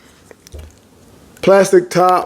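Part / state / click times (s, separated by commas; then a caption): plastic cap onto perfume spray bottle / seated / 0.5 s. A plastic cap is pressed onto a perfume spray bottle and clicks into place with a sharp, short hit at 0.5 s, among a few faint taps. Someone then talks. The cap is seated.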